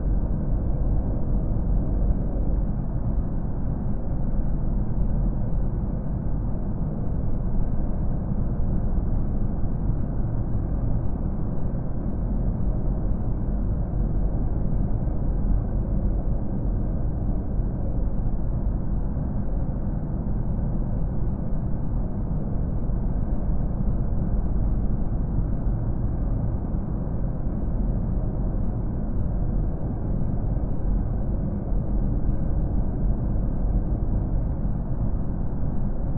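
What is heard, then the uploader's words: A space ship hums along as it cruises through deep space, a steady, dense low rumble that never lets up. The sound is dark and muffled, with nothing bright on top, and its level stays even for the whole stretch, with no distinct events. Take a seat and enjoy cruising in a space ship floating around deep space.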